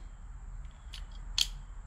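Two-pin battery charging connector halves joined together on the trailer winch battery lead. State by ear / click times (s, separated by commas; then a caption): seated / 0.9 s, 1.4 s. The two halves of a polarized two-pin charging connector, marked plus and minus, on the trailer winch battery lead are pushed together by hand. Two sharp snaps are heard at 0.9 s and 1.4 s, the second louder, over a steady low hum. The connector is seated and snapped together.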